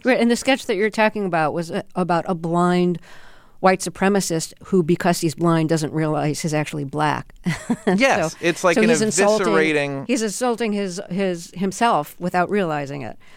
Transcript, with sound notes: And the sketch that you're talking about was about a blind white supremacist who, because he's blind, doesn't realize he's actually black (laughter)
Yes. It's like an eviscerating...
So he's insulting his - himself without realizing it.